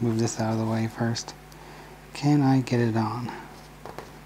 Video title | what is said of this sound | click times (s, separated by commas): PG Unicorn Gundam Head, Backpack, and Body Assembly - Part 6 - Gunpla TV Exclusive | giggity little click little snap right | 3.9 s, 4.0 s